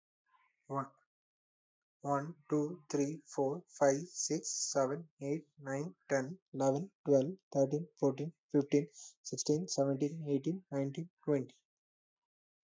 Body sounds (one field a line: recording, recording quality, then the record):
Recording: counting at a fast pace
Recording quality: excellent, no background noise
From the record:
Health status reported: healthy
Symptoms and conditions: none ticked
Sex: male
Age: 29 years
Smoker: yes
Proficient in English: yes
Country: India